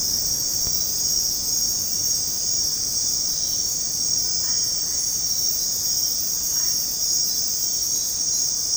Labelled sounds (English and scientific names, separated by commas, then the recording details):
none
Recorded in dense forest near Puerto Asís, Putumayo, Colombia, on 20 February 2024 at 00:00
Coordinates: 0.503, -76.322
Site G6418